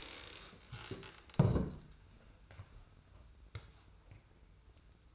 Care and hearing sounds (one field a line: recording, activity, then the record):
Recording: daily activity, microphone in the room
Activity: stand up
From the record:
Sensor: 2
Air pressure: 990.4 hPa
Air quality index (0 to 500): 183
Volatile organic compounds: 1000 ppm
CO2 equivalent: 5820 ppm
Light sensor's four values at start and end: 26/60/25/25 and 28/63/26/27